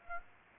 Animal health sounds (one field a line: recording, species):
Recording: mosquito wingbeat signal from an infrared sensor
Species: Aedes aegypti